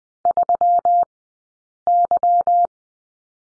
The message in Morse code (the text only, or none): 3Y